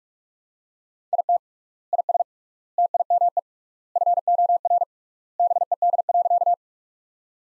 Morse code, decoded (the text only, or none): IT IS TIME FOR BED.